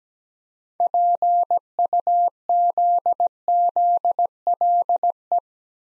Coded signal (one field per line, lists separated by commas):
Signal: Morse code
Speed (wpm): 17 wpm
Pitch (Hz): 700 Hz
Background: none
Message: PUZZLE